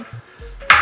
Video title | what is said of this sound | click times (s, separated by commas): Autonomous MyoChair Unboxing, Chair Assembly & Initial Review | doing it here wheels just click right in | 0.7 s